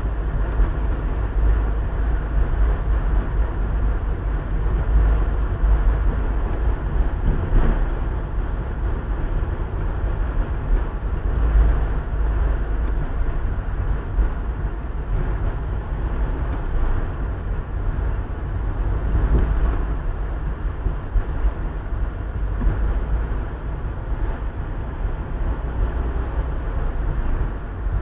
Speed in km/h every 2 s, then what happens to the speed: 30, 30, 29, 28, 27, 26, 26, 25, 25, 27, 28, 28, 27, 27.
0-28 steady at about 27.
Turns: none.